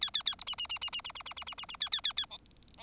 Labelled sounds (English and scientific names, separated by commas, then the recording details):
Bengalese Finch (Lonchura striata domestica) song
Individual Bird4